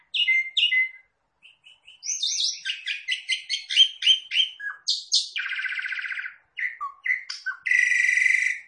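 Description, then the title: Javan pied starling calling, a few short whistles then a dense stretch of chattering, buzzy rattles and clear whistled notes, with a long steady buzz near the middle. Lure call, meant to make another bird start calling right away. "Pancingan Jalak Suren Langsung Bunyi"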